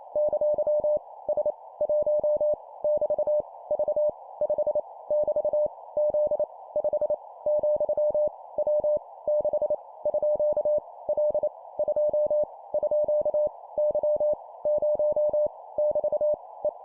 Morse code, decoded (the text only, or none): ! S 1 <BT> V 5 <BT> Z 5 , W 6 _ L 2 _ Y 0 <BT> E